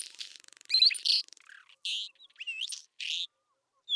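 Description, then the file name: Isabelline wheatear song, a busy jumble of buzzy rasps, squeaky whistles and hissing notes, varied and rapid, with short pauses between phrases. Recorded at Telmen Nuur. "isawheat telmen-nuur"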